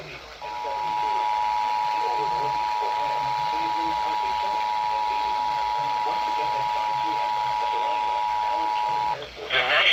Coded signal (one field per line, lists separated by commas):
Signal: Emergency Alert System (SAME) tones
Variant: 853 and 960 Hz attention tone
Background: speech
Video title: ILN SVR over WIHO FM (EAS 385)